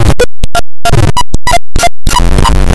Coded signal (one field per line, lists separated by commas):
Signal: none